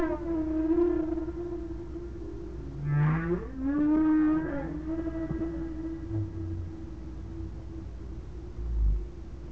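Whale calls: a sustained tonal hum throughout with a louder swelling, sliding moan in the middle and brief low grunts later, over a low rumbling background.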